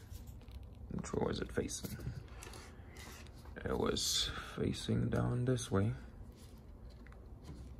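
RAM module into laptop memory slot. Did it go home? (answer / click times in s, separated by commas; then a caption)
no / none. A RAM module is handled face down beside the SO-DIMM memory slot of an HP 15 dw0038wm laptop, ready to be pressed in until the retaining clips catch, while someone talks. Only faint, brief handling ticks and light rubbing are heard under the voice. Nothing has seated or clicked yet.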